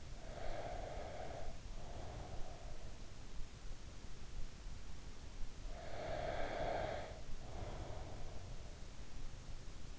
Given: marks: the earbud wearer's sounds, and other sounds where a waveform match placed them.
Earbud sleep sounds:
sounds in sleep by an in-ear microphone; breath
0.00-2.68 s: breath
5.68-8.48 s: breath

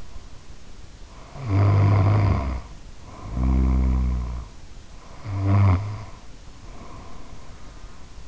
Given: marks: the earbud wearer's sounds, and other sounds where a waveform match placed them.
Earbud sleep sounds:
sounds in sleep by an in-ear microphone; snoring breath
1.27-4.53 s: snoring breath
4.98-8.28 s: snoring breath

